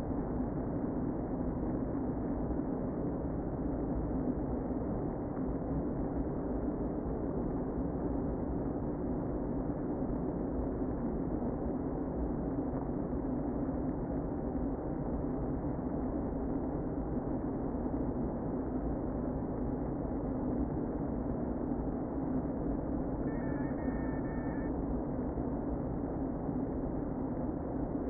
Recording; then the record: honeybee colony, microphone inside the hive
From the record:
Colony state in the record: queen present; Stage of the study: before two queens were removed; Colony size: about 60,000 bees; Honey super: yes